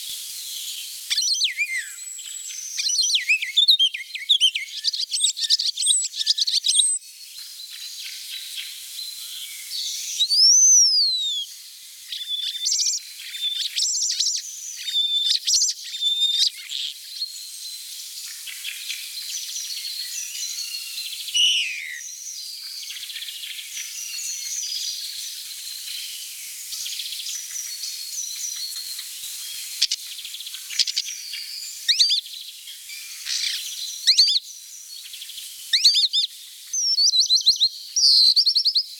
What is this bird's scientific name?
Sturnus vulgaris